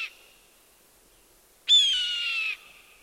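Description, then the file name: Red-tailed hawk giving one long hoarse scream that slides gently downward, preceded by the tail of an earlier cry. "Red tailed Hawk Buteo jamaicensis"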